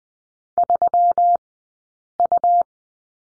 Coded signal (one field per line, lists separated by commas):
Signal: Morse code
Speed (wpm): 20 wpm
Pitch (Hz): 700 Hz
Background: none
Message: 3U